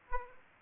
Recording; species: mosquito wingbeat signal from an infrared sensor; Aedes aegypti